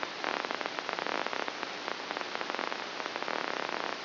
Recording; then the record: brain microelectrode recording played as sound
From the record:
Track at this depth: inside the subthalamic nucleus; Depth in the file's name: 4.908 mm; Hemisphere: left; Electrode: 2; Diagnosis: Parkinson's disease